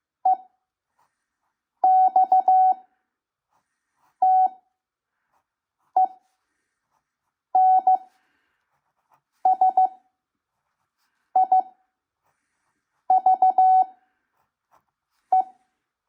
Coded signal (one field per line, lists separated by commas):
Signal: Morse code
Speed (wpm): 15 wpm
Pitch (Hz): 750 Hz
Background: none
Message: EXTENSIVE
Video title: Learning Morse Code (CW) 5 wpm - part 3